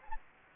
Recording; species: mosquito wingbeat signal from an infrared sensor; Anopheles gambiae